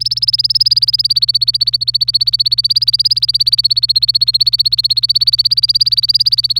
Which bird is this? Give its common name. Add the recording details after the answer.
Domestic Canary. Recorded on 26 April 2018 at 07:32. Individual llb3